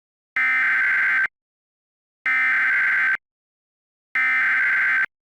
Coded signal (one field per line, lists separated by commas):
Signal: Emergency Alert System (SAME) tones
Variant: header bursts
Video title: EAS Special - Independence Bombings